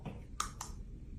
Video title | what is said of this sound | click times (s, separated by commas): Why Everyone loves these 3 Celebrity Brands - Rhode Skin, Fenty Beauty, Rare Beauty | So, all you have to do, there's no cap. You just turn it till you hear that click and just you could use your whole hand and just spray it away. | 0.4 s